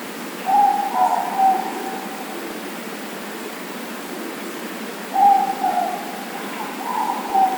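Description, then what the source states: Morepork hooting, a two-note phrase at the start and another after about five seconds, backed by steady hiss. Four moreporks calling.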